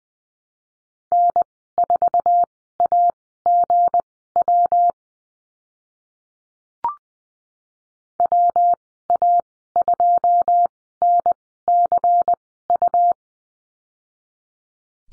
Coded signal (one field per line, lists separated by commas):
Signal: Morse code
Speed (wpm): 20 wpm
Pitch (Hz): 700 Hz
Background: none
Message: N4AGW WA2NCU